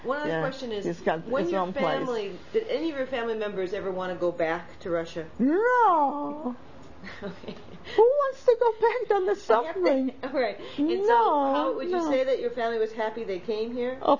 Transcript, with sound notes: One other question is when your family, did any of your family members ever want to go back to Russia?
No!
( she laughs ) Okay.
Who wants to go back to the suffering?
( she laughs ) All right.
No, no.
So would you say that your family was happy they came here?